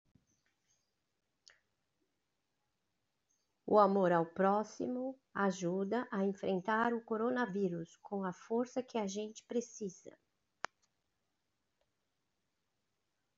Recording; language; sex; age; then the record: spoken sentence; Brazilian Portuguese; female; 50 to 59 years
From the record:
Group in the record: control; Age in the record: 54 years